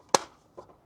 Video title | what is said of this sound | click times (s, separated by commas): Garvee 3-in-1 Portable Air Conditioner, 8,000 BTU Portable 3 and 1 air, dehumidifyer, and fan | and snap in. | 0.1 s